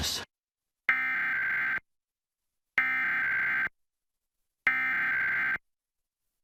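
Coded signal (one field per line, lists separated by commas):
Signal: Emergency Alert System (SAME) tones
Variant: header bursts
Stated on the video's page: EAS tones from Pennsylvania's monthly required test.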